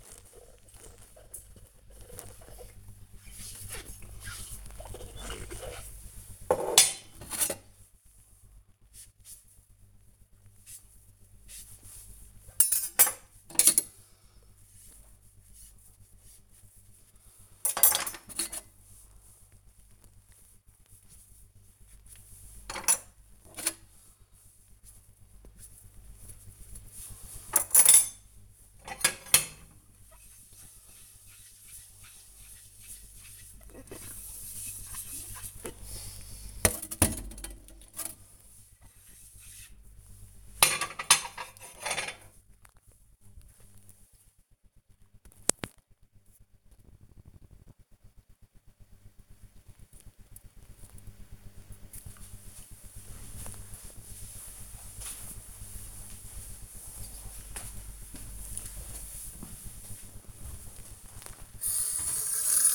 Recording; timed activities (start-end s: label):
household activities, microphone on the right wrist
0.00-41.09 s: washing dishes